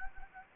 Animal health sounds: mosquito wingbeat signal from an infrared sensor; Anopheles gambiae

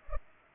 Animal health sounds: mosquito wingbeat signal from an infrared sensor; Culex pipiens

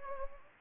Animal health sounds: mosquito wingbeat signal from an infrared sensor; Anopheles gambiae

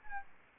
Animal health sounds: mosquito wingbeat signal from an infrared sensor; Anopheles arabiensis

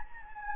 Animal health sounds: mosquito wingbeat signal from an infrared sensor; Anopheles gambiae

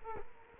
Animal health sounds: mosquito wingbeat signal from an infrared sensor; Culex quinquefasciatus

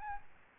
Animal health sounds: mosquito wingbeat signal from an infrared sensor; Aedes albopictus

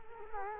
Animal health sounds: mosquito wingbeat signal from an infrared sensor; Culex quinquefasciatus

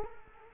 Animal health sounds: mosquito wingbeat signal from an infrared sensor; Culex quinquefasciatus

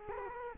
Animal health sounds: mosquito wingbeat signal from an infrared sensor; Culex quinquefasciatus

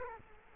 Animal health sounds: mosquito wingbeat signal from an infrared sensor; Culex quinquefasciatus

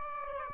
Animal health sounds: mosquito wingbeat signal from an infrared sensor; Aedes albopictus

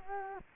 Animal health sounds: mosquito wingbeat signal from an infrared sensor; Culex quinquefasciatus

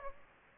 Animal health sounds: mosquito wingbeat signal from an infrared sensor; Aedes aegypti

